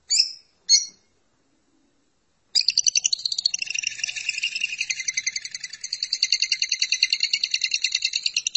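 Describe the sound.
Lovebird gives two sharp chirps, then after a short silence launches into a sustained, fast, buzzy chattering song.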